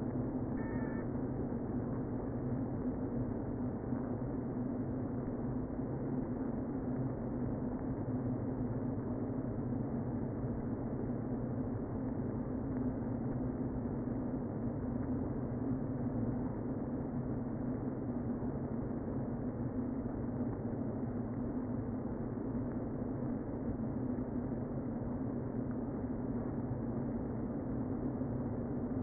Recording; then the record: honeybee colony, microphone inside the hive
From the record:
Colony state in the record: queen present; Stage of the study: before two queens were removed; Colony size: about 60,000 bees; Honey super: yes